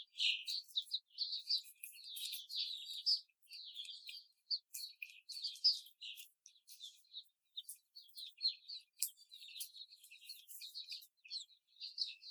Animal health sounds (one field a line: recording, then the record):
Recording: young laying hens in a cage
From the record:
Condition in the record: before the stressor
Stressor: simulated dog barking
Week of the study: 4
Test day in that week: 2